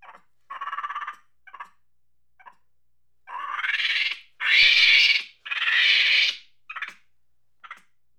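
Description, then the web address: Monkey angry chatter: short harsh bursts build into loud, drawn-out screeching shrieks in the middle, then trail off into brief chattering notes. "Sony Pictures Sound Effects Series Volumes 1-10 Volume 1 Animals Monkey Angry Chatter"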